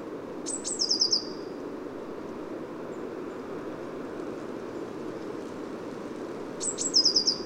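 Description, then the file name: Eurasian blue tit calling twice, a thin high note then a rapid run of short tinkling notes, separated by about six seconds, over a constant low rumble. Recorded at Neudarss on 2 February 2013, 09:53. "130202 ebtit-caeruleus. 0953 h neudarss"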